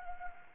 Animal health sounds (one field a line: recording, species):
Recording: mosquito wingbeat signal from an infrared sensor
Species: Anopheles gambiae